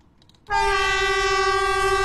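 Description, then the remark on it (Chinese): At the old Qinglongqiao station of the Beijing–Zhangjiakou railway, the Harmony Great Wall high-speed EMU train passes slowly over the zigzag track; after a brief quiet moment its horn blasts on and holds one loud, steady, rich tone, echoing through the valley unbroken for well over a second with a faint low rumble beneath. “在京张铁路青龙桥老站，和谐长城号动车组从经典的人字形轨道上缓缓驶过，山谷间回荡的鸣笛声像是讲述一个久远的故事。”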